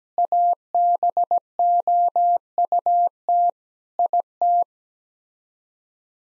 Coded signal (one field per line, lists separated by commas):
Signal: Morse code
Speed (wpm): 17 wpm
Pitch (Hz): 700 Hz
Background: none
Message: ABOUT IT